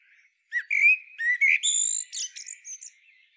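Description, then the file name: Common blackbird giving a brief sequence of thin whistled and squeaky notes, some rising, with high steady whistles near the end. "Turdus merula"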